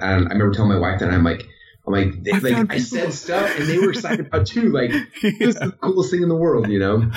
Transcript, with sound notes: I remember telling my wife that I'm like, like...
“I found people.” (laughing)
“I said stuff, and they were excited about it, too. Like, this is the coolest thing in the world,” you know?